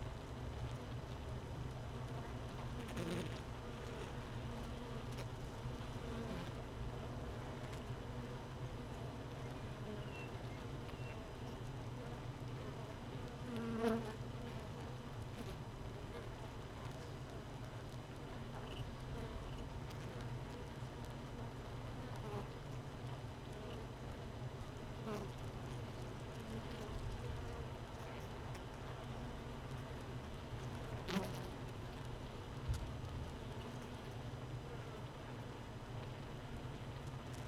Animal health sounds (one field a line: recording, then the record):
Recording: honeybee colony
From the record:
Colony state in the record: missing queen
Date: 31 May 2018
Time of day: 15:09